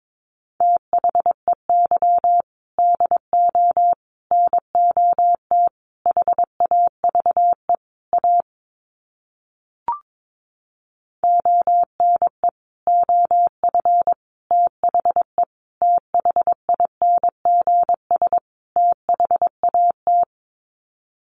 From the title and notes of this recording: Sets of 5 Words 22wpm. First, the words are sent in Morse code.